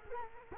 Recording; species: mosquito wingbeat signal from an infrared sensor; Culex quinquefasciatus